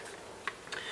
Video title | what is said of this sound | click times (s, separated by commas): Sig Sauer 516 Patrol Takedown | so that's locked into place right there | 0.5 s